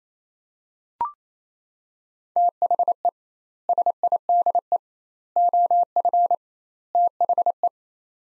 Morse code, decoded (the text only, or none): THE SIDE OF THE